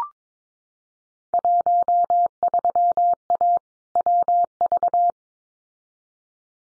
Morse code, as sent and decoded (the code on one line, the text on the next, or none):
.---- ...-- .- / .-- ...-
13A WV